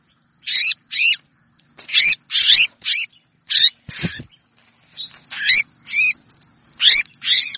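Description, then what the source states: Red-whiskered bulbul repeating loud, grating chirps at an irregular pace, some doubled, with a faint low knock partway through. Distress call; the bird is calling for help.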